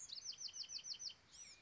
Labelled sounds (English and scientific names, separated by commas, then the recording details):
Bewick's Wren (Thryomanes bewickii)
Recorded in Sonoma County, California